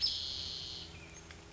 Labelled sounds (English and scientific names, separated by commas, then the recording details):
Spotted Towhee (Pipilo maculatus)
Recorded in Sonoma County, California